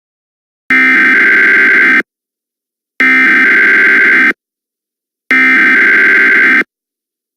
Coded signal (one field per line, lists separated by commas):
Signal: Emergency Alert System (SAME) tones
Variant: header bursts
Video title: EAS Scenario: True Origin